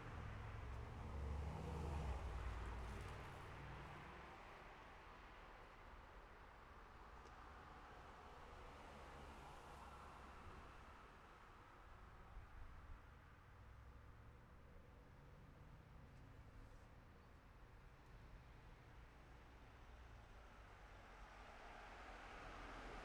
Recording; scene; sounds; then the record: everyday scene through a hearing-aid microphone; in traffic; traffic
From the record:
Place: city secondary road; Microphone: behind the ear, left, front